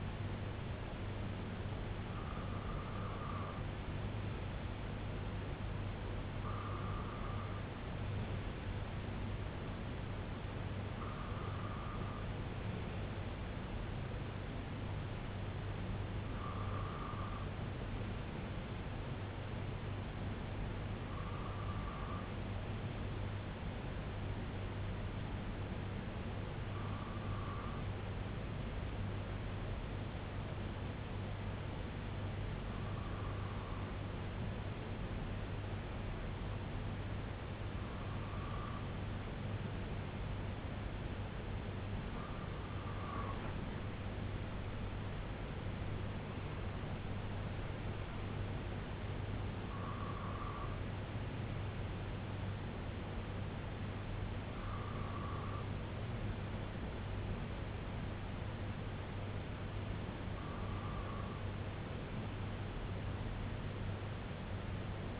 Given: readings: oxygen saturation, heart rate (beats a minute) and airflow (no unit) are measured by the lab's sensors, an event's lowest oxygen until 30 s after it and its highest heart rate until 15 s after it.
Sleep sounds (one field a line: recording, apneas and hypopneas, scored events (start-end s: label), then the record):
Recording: breathing in sleep by a voice recorder at the bedside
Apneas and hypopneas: 1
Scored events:
24.00-43.70 s: hypopnea (N2, oxygen 95% highest, then 94% lowest, heart rate 64 at the start, 81 highest)
33.00-63.00 s: new sleep stage, N1 (lightest sleep)
63.00-65.20 s: new sleep stage, N2 (light sleep)
From the record:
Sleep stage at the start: N2 (light sleep)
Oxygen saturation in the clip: 93 to 96%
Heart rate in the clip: 60 to 81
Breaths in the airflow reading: 13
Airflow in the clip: -8.1 to 8.5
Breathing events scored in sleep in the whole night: 258 in 7.4 hours asleep